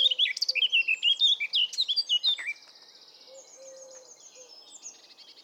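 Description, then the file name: Eurasian blackcap song: a quick, rich warbling phrase of varied notes, then a thin buzzy trill, with soft low whistles underneath. "Sylvia atricapilla"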